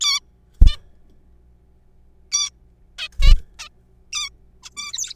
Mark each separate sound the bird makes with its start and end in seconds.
0.01-0.20, 0.66-0.76, 2.32-2.50, 2.98-3.08, 3.22-3.34, 3.59-3.68, 4.13-4.29, 4.63-4.70, 4.77-4.93, 4.93-5.14